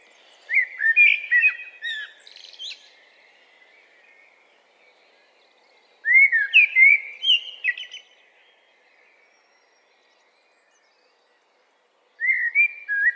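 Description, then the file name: Eurasian blackbird song: three short, melodious fluted phrases spaced several seconds apart, the first two ending in a brief high flourish, the last cut off. "Turdus merula"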